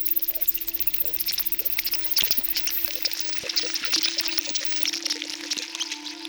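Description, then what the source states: Bat pulses repeated rapidly and evenly at first, then becoming irregular over a steady hum and broad hiss. Recorded at Fox Park.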